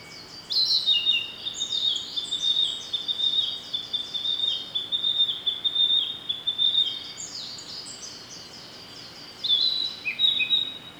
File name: rodolphe alexis - narcissus flycatcher